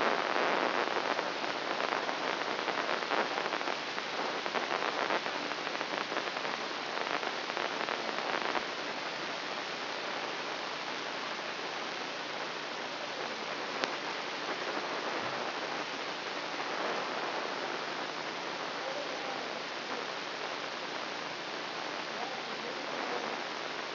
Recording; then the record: brain microelectrode recording played as sound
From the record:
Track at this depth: inside the subthalamic nucleus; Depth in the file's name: 3.908 mm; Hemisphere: left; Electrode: 2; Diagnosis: Parkinson's disease